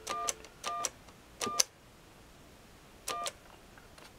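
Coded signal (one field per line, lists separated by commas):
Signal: DTMF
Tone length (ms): 160 ms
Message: 111 1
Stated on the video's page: Telephone tones from a demonstration of the Call Waiting Deluxe calling feature, using a Type II Caller ID generator.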